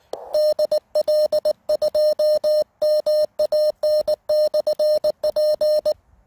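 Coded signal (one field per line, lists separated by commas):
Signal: Morse code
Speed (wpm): 24 wpm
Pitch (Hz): 610 Hz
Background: music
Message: DL2MAN/P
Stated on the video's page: Hiking portable operation with a (tr)uSDX transceiver and an EFHW antenna.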